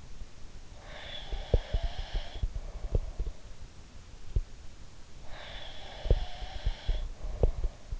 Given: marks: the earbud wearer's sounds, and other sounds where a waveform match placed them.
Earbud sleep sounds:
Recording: sounds in sleep by an in-ear microphone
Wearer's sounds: breath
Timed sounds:
0.74-3.31 s: breath
1.26-4.46 s: sound from someone else or the room
5.20-7.99 s: breath
6.01-7.99 s: sound from someone else or the room

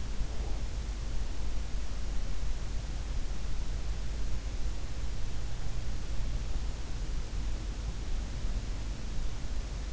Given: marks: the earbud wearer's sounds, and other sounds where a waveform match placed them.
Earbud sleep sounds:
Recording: sounds in sleep by an in-ear microphone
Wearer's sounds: breath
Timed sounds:
0.00-0.97 s: breath

